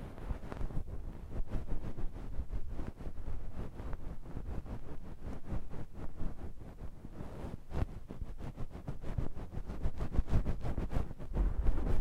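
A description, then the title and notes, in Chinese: An in-ear massage on the left side: a steady, dense low rumbling rub packed with rapid, irregular crackles and clicks throughout. 耳內按摩 ( 左 )。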